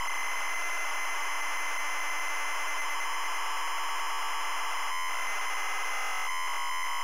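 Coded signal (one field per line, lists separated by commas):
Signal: ZX Spectrum tape loading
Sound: continuous harsh buzzing screech of tape data, texture shifting near the end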